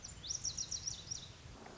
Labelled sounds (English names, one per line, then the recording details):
Lazuli Bunting
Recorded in Sonoma County, California